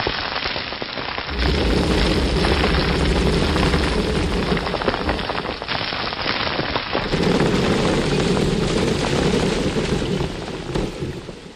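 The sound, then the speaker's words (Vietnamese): A collapsing mountain rumbles deafeningly as the ground tilts, heard inside a rock cave where the sound gathers, tremors coming in wave after wave: a dense, roaring wall of noise with a deep low rumble that kicks in after a second and surges again midway, loud and unbroken, with no voices. “Không ngờ mặt đất càng lúc càng nghiêng đi, bên trong vách đá lại rất tụ âm, chấn động đinh tai nhức óc dồn dập hết đợt này đến đợt khác, làm bằng nhĩ chúng tôi như muốn rách toang ra, tiếng nói hoàn toàn bị nhấn chìm.”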